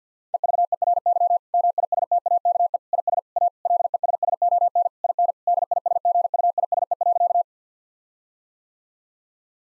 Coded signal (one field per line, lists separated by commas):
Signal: Morse code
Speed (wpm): 50 wpm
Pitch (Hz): 700 Hz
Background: none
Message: EVERY MISTAKE IS A LESSON IN DISGUISE.